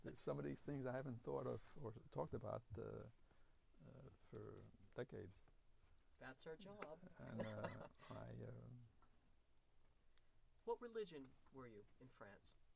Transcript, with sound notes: Some of these things I haven't thought of or talked about for decades.
That's our job. (he laughs)
And I, uh... (he pauses)
What religion were you in France?